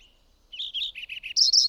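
Bird song: part of a phrase, with slurred notes stepping lower, then a quick high trill.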